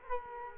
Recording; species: mosquito wingbeat signal from an infrared sensor; Culex quinquefasciatus